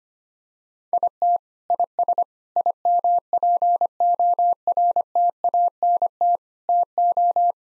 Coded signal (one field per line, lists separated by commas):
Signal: Morse code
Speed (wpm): 25 wpm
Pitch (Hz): 700 Hz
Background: none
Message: IT IS IMPORTANT TO